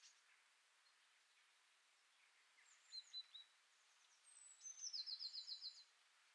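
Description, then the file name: Great tit calls: a rapid, even series of about eight high notes near the end, after a few fainter high notes. "Parus major"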